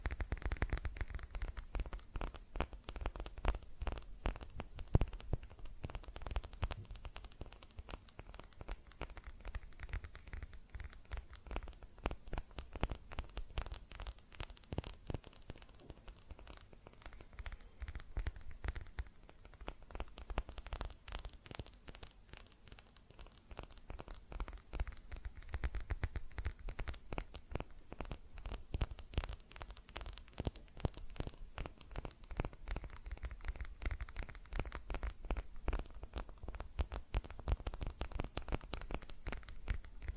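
Fast, dense tapping on glass and ceramic objects, a continuous stream of quick bright clicks with a low thudding undertone, steady throughout.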